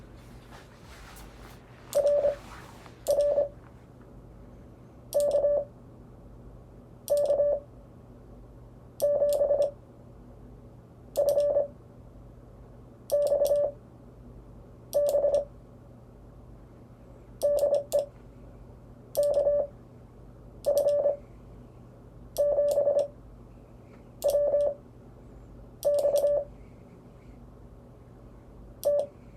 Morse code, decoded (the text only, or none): RR KK7FXB DE KF7WX T